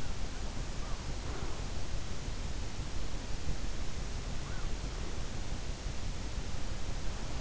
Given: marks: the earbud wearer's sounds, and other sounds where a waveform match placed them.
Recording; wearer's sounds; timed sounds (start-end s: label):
sounds in sleep by an in-ear microphone; breath
0.95-1.92 s: breath